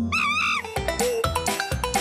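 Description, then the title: Cat giving one drawn-out meow that rises and falls, followed by a run of short clipped tonal sounds and knocks. "Gato"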